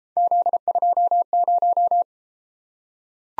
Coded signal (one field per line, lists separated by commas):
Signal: Morse code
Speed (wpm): 33 wpm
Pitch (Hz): 700 Hz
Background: none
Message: Z20